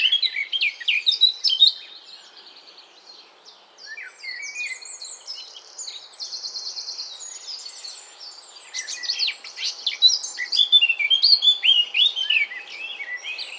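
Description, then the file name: Eurasian blackcap song: loud varied warbling at the start, a subdued rambling passage, then loud varied phrases returning after about nine seconds. "Sylvia atricapilla"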